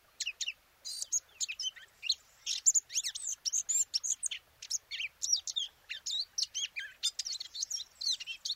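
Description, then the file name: Eurasian blackcap pouring out a continuous, fast warble of high twittering notes and slurred whistles, almost without a break. "Sylvia atricapilla"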